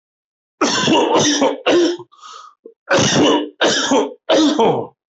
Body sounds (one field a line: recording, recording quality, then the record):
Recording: heavy voluntary cough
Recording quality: excellent, no background noise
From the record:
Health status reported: healthy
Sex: male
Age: 51 years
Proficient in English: yes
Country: India